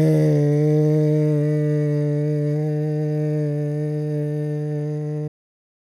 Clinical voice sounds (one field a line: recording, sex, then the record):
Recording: sustained vowel /e/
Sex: male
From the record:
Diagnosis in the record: Parkinson's disease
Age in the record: 56 years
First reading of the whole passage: 87 s, 6.0 characters per second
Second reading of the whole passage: 67 s, 7.8 characters per second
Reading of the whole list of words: 59 s, 4.8 characters per second